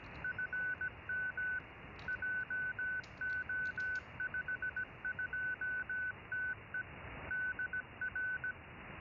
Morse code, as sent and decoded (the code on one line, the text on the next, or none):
..-. -- / .--- --- ..... ..--- - . / -.. .-.
FM JO52TE DR